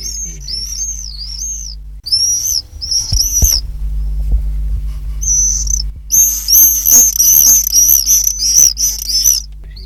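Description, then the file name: Common swifts screaming in shrill, wavering, buzzy trills, growing into a dense overlapping chorus toward the end, with some low rumbling thumps and a steady hum. "apus apus"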